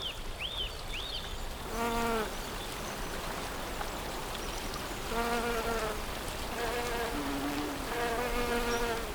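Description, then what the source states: Bee buzzes arrive in separate bursts of about a second, with quieter gaps between them, a couple of brief bird chirps at the start and a constant gentle rush. Bees in spring, with water.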